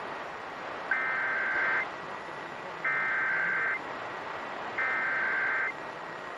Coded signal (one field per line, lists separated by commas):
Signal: Emergency Alert System (SAME) tones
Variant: header bursts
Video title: Kern and LA’s Halloween Spirit! (Monthly EAS Tests from 10/31/23) (EAS #1,212-1,223)